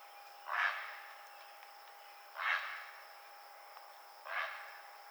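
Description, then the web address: Great blue heron giving harsh, raspy squawks, three short bursts spaced about two seconds apart over a faint steady background hum. Recorded on 24 June 2007. "Great Blue Heron 2007 06 24"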